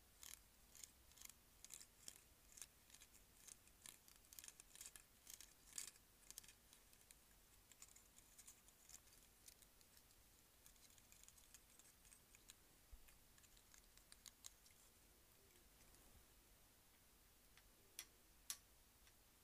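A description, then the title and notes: Hair clips snap and click in quick, irregular bursts, sharp bright ticks packed densely in the first half and thinning to scattered clicks later, with a louder snap near the end. A faint steady low hum runs underneath throughout. ASMR: Hair Clips.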